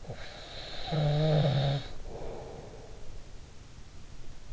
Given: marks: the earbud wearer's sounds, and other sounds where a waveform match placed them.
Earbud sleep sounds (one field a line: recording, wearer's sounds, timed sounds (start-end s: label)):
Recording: sounds in sleep by an in-ear microphone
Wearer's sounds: snoring breath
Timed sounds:
0.00-3.18 s: snoring breath